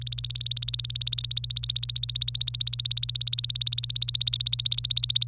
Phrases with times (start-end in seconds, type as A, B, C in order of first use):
0.01-5.27 A